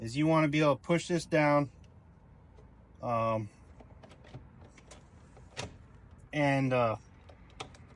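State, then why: Seated. Someone talks while the push bar of a panic exit device on a door is held down and the key cylinder is turned to dog it open. Faint mechanical ticks follow, then a sharp little click at 7.6 s as the dogging mechanism latches the bar into place.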